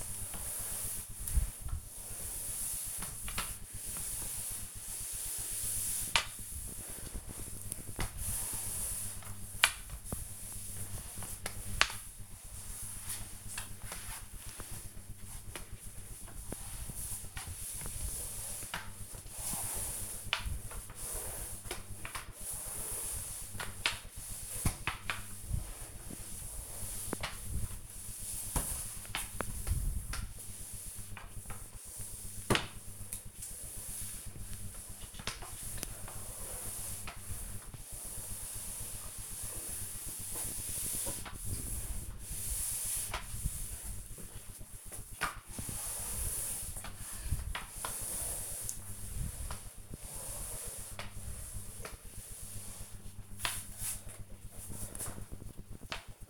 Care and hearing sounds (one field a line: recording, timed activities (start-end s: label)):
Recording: household activities, microphone on the right wrist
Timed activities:
0.00-53.11 s: floor cleaning